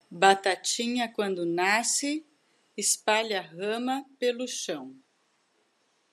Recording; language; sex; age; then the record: short text; Brazilian Portuguese; female; 40 to 49 years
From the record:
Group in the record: control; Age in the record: 49 years